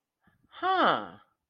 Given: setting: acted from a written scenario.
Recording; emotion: vocal sound without words; interest